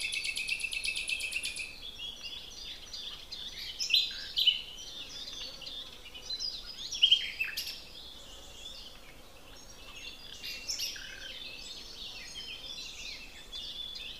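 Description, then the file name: Common nightingale song: a long, steady high note at the start, then phrases of rapid notes around four and seven seconds. "Luscinia megarhynchos"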